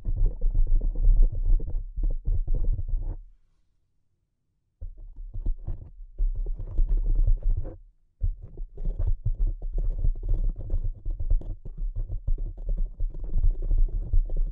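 Soft, delicate tapping in quick, irregular flurries, muffled and dull with a heavy low thump under each touch. The taps go quiet for about a second and a half around the three-second mark, pause briefly near eight seconds, then continue steadily to the end.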